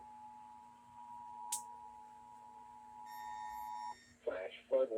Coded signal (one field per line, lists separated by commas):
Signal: Emergency Alert System (SAME) tones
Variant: 853 and 960 Hz attention tone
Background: speech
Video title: THE REMNANTS OF HILARY (EAS Compilation) EAS Alerts from 9/1/23 - 9/2/23